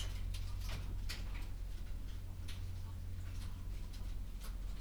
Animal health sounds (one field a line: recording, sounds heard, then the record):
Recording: poultry house recording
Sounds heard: sick chickens (respiratory disease)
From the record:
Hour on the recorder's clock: 11